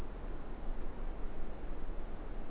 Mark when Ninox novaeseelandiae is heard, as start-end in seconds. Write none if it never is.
none